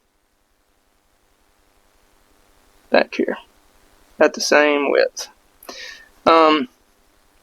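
A SET-Mount 2.0 tourniquet holder is handled at the slot on a rifle buttstock, where it locks in. Someone talks in short bursts between quiet pauses. Nothing has seated or clicked yet.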